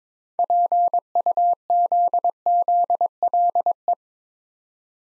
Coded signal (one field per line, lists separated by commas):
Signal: Morse code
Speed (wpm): 22 wpm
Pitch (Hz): 700 Hz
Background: none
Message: PUZZLE